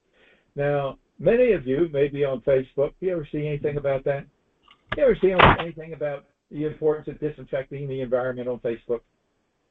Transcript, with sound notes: Now, many of you maybe on Facebook, you ever see anything about that? You ever see anything (object clattering) about the importance of disinfecting the environment on Facebook